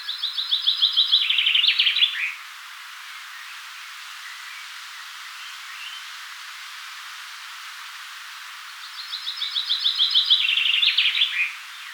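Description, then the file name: Common chaffinch song: a fast descending trill of sharp notes ending in a brief flourish, two songs about nine seconds apart, with quiet background between. "Fringilla coelebs"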